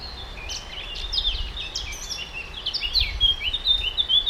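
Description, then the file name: Eurasian blackcap song, a quick jumbled warble of chirps and slurred notes that grows louder and ends in clearer whistles, with low rumble beneath. "Sylvia atricapilla"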